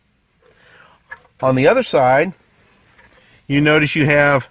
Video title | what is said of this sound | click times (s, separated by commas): 2018 Dodge Charger Mirror Tap | two things just slide up over those and it clicks right in on | 1.1 s